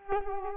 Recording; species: mosquito wingbeat signal from an infrared sensor; Culex quinquefasciatus